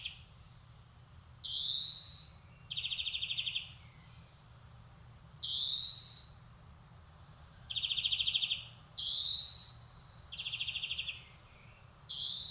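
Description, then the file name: European greenfinch song: wheezy rising nasal notes alternating with fast dry trills, repeated steadily. "Chloris chloris"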